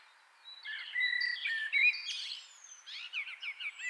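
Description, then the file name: Common blackbird song: fluty, slurred notes, then a rapid burst of high chattering twitter over a steady background hiss. "Turdus merula"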